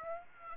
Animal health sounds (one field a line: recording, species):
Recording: mosquito wingbeat signal from an infrared sensor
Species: Aedes aegypti